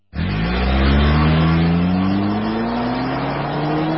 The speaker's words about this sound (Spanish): Los motores trabajan a altísimas revoluciones por minuto.